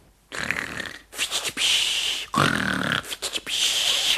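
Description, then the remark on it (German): A voice puts on loud, overdone snoring as Pumuckl pretending to sleep in his bed: several rasping, gurgling snores with snorting breaths in between, rhythmic and theatrical rather than natural sleep sounds. “Und als der Meister Eder, nachdem die Freunde gegangen waren, nach ihm schaute, da schnarchte der Pumuckl gewaltig. Ein bisschen zu gewaltig.”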